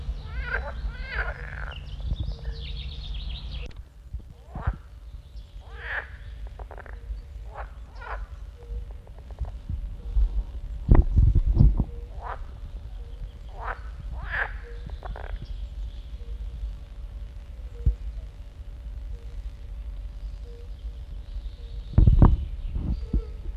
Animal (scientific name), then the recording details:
Pelophylax esculentus. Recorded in the wild. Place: Buxpfuhl, Brandenburg, DE. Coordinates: 52.78, 13.67. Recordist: Günther, Rainer